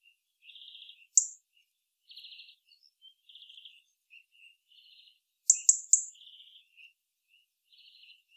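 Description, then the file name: European robin: sharp high ticks, one alone and then a fast triplet, among quiet buzzy, rattling notes repeated throughout. "Erithacus rubecula"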